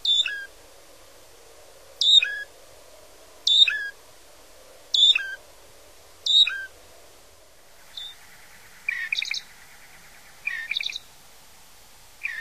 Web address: Songs of Birds of North America Stokes. Loggerhead Shrike